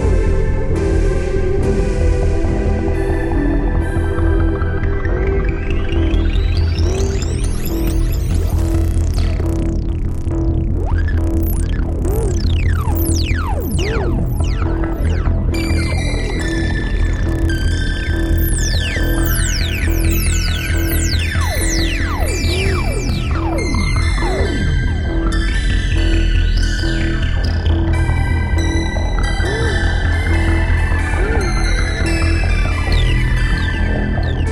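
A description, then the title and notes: A thick, steady low drone holds throughout, with a slow 69bpm pulse sitting in the background. Over it, layered bright tones glide up and down in sweeping arcs, growing busier after about ten seconds. The level stays loud and constant. 69bpm pulse in background.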